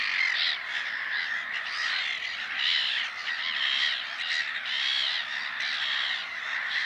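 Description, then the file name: Black-headed gull calls, a busy flock of scratchy, squealing cries rising and falling in loudness, several birds calling at once for the whole stretch. "mouette rieuse"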